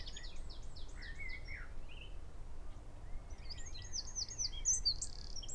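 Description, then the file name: Eurasian wren song: a short series of sharp descending high notes, a pause, then a quick trill, with a faint low rumble beneath. "Troglodytes troglodytes"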